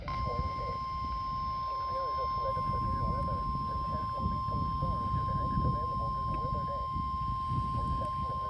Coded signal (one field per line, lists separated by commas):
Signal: Emergency Alert System (SAME) tones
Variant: 1050 Hz attention tone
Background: speech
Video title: WIRELESS WXL82... EAS Tests from 3/26/25 (EAS #5,655 - 5,664)